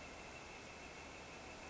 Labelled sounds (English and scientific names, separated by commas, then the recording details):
Northern Flicker (Colaptes auratus)
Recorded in Sonoma County, California